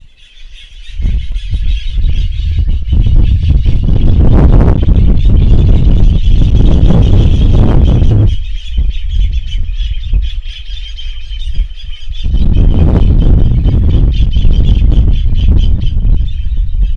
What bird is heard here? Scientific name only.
Bubalornis albirostris